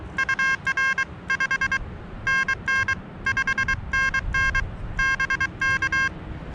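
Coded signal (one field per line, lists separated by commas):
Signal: Morse code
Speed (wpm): 23 wpm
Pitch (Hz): 1600 Hz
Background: none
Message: UR 5NN 5NN BK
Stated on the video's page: Summits on the Air activation with Xiegu G-106 and Elecraft KH1 radios, on a peak with commercial communication towers, testing for interference.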